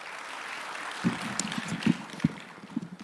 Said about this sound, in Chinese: 谢谢谢谢谢谢大家无声的鼓励。 嘿，这多热情啊，这是无声吗？这 掌声要再热烈，你说这得多好啊。